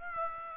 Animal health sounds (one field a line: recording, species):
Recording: mosquito wingbeat signal from an infrared sensor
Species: Aedes aegypti